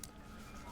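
A metal lever shackle on the outhaul line of an ILCA/Laser dinghy is closed onto the sail's outhaul attachment. It snaps shut with one short, sharp click at 0.0 seconds. After that, a steady low background hum continues and the shackle is seated.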